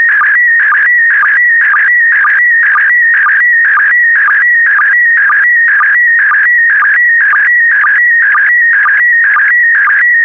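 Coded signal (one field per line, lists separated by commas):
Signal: SSTV (slow-scan television)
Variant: PD120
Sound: steady warbling electronic tone with rhythmic low chirps about twice a second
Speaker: complete you can now check your decoded image against the picture that is shown on the video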